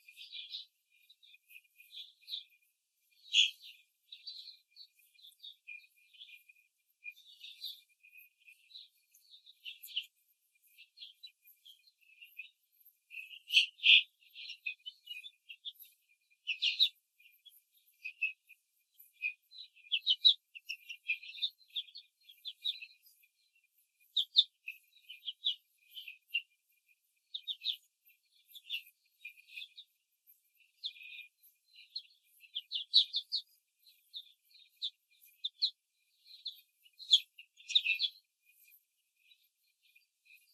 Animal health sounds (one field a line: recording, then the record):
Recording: young laying hens in a cage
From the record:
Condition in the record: control cage, before the stress test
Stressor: none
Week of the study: 4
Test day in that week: 1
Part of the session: 1